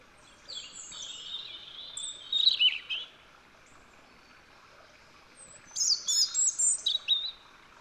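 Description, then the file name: European robin song: two high, thin warbling phrases of trills and sliding whistles, separated by a pause of a few seconds, over a faint steady background hiss. "Erithacus rubecula"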